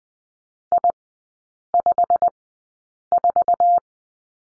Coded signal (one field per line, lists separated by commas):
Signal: Morse code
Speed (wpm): 20 wpm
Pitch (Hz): 700 Hz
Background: none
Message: I54